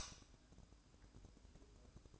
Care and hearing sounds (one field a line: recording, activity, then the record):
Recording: daily activity, microphone in the room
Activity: light off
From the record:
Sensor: 2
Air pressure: 1007.7 hPa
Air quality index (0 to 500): 82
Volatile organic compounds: 1 ppm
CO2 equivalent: 652 ppm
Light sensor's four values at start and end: 11/30/12/12 and 7/16/6/7